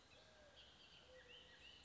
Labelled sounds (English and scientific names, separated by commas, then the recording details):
Bullock's Oriole (Icterus bullockii)
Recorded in Sonoma County, California